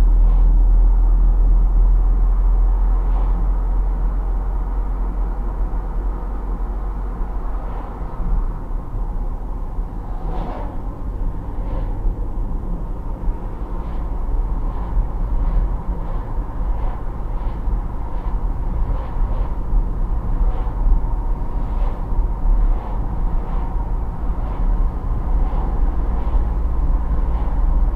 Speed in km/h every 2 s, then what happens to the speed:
44, 44, 46, 48, 50, 50, 51, 55, 57, 57, 57, 57, 57, 59.
0-16 speeds up to 57. 16-28 steady at about 57.